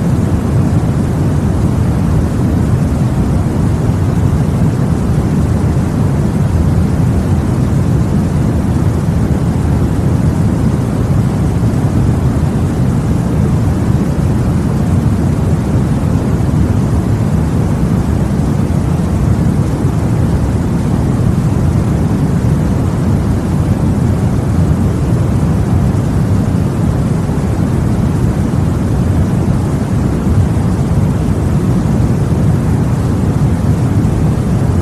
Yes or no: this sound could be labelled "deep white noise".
yes